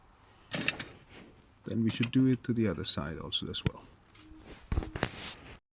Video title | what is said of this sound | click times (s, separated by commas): how to #change #headlight #bulb of a #Honds #CRV | you can hear the click then it's done | 0.7 s